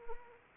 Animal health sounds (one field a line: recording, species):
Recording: mosquito wingbeat signal from an infrared sensor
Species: Anopheles arabiensis